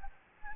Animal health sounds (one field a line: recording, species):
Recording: mosquito wingbeat signal from an infrared sensor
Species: Anopheles gambiae